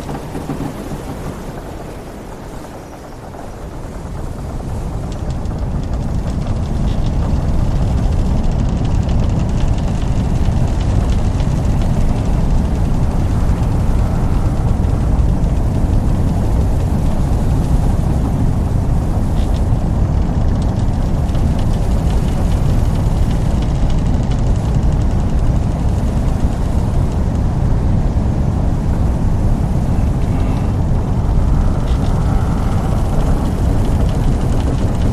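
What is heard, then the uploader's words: A dense, steady low rumble fills the old wooden ship, like an engine or wind and water pressing against the hull. It dips briefly around three seconds, then swells and holds loud and even for the rest of the clip, with faint hiss above. Six Minutes on an Old Wooden Ship.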